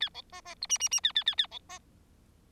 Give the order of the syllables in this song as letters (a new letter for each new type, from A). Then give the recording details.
A B C C D E E E A A A A B C. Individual Bird4